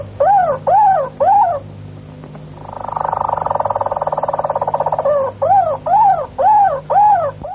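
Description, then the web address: Harz Roller canary song: three slow, hollow arching notes, a smooth buzzing roll lasting about two and a half seconds, then four more arching notes, with steady hum beneath. Harz-type canary song. "canarios cantoharz"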